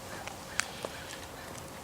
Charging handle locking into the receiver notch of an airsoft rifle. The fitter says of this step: You can pull the charging handle back here, and it locks into place just like the real one.